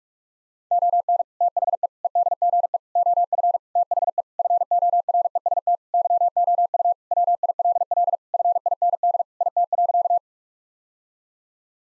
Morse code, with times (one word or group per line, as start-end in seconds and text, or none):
0.7-1.2 ON
1.4-1.9 THE
2.0-2.8 EDGE
3.0-3.6 OF
3.8-4.2 THE
4.4-5.8 FOREST
5.9-6.9 YOU
7.1-8.2 WILL
8.3-9.2 FIND
9.4-10.2 IT.